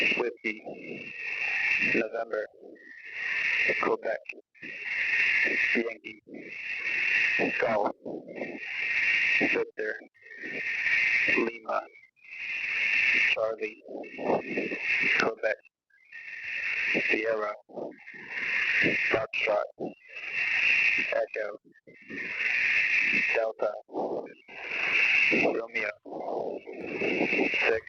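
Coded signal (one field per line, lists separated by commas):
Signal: coded military voice message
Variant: Emergency Action Message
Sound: radio voice slowly reading phonetic-alphabet letters one by one, evenly spaced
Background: radio static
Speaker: This complete message of 43 characters. This is trousers out. Call sign of the day for ground stations is trousers. So we just got an EAM there from trousers.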